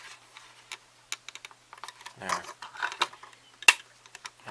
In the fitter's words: There we go. These just snap in.